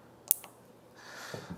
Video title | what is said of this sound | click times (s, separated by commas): 🎥 ALL-DAY PARTZILLA LIVE STREAM — FRIDAY, DECEMBER 12 | That's such a satisfying click sound when it pops into place. | 0.3 s